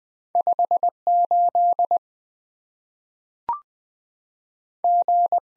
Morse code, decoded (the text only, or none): 58 G